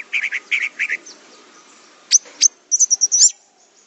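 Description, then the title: Orange-headed thrush song: a few quick mid-pitched notes, a pause, then sharp high whistled notes in a rapid, jumbled burst. "Anis Merah"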